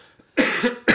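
An adult gives a harsh, partly voiced cough followed by a second cough cut off at the end; a lingering cough that is still hanging on after a recent illness.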